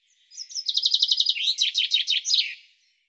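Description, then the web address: Bird song: a brisk trill of evenly repeated high chirps, dropping into lower rolling notes and ending with a short sharp flourish. "cianscape birddata Deverinetal 2025 Bird Fr Co"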